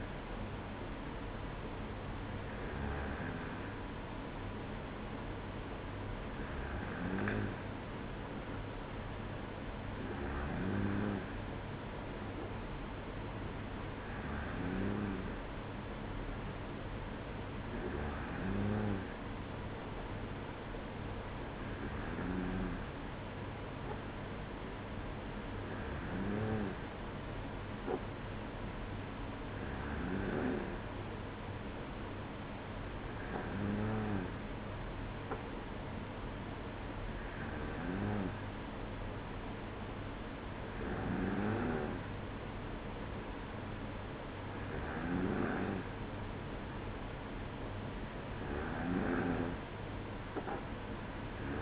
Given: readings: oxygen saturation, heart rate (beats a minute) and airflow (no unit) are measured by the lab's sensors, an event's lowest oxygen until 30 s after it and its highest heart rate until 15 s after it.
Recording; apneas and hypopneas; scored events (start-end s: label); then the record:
breathing in sleep by a voice recorder at the bedside; none
none scored
From the record:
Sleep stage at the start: N2 (light sleep); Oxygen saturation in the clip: 94 to 95%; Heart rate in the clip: 55 to 57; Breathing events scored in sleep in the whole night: 305 in 9.6 hours asleep